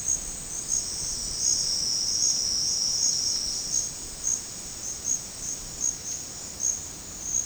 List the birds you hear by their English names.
none